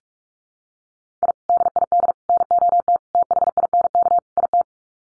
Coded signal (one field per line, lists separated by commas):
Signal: Morse code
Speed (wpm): 44 wpm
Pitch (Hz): 700 Hz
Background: none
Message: I DID NOT THINK IT